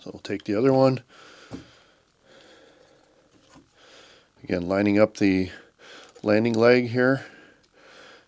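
Someone talks while the second light mount from a tactical light kit for a DJI Avata drone is picked up and lined up with the other landing leg before being pressed on. Soft handling noises fill the quiet gaps between the speech. Nothing has seated or clicked yet.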